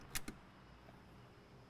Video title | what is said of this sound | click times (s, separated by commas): S&B Cold Air Intake for the 2021-2026 Ford Bronco 2.7L | and then you can push it in until it clicks. | 0.3 s